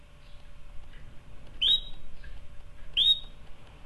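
Canary chirps: two quick upward-sweeping whistled notes about one and a half seconds apart over a low background hum.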